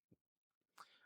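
A plastic conning tower part is pressed onto the flying bridge of a 1:48 scale U96 U-boat model kit. A faint low thump comes first, then a short, soft snap at 0.8 s with a brief rustling tail. The part snaps into place and is seated.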